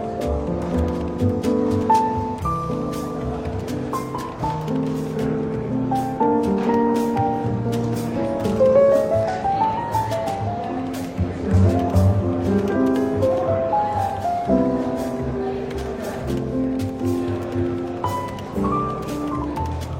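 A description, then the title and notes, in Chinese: Soft, easy jazz plays throughout a London bookshop café, with warm bass and mellow chords that move in steady, gentle changes. Quiet chatter runs under the music, and small clicks and taps come and go often. The overall level stays even from start to finish. 伦敦书店咖啡馆轻微喧闹氛围与柔和轻松的爵士背景音乐。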